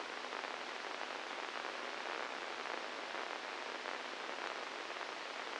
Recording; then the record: brain microelectrode recording played as sound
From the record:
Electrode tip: inside the subthalamic nucleus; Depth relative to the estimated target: 0 mm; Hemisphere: right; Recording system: NeuroSet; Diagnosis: Parkinson's disease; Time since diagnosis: 8 years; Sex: male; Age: 46 years